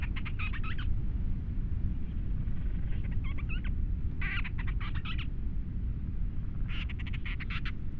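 Grant's storm petrel chattering calls, short bursts of rapid buzzy pulses repeated four times over a constant deep roar of wind or surf.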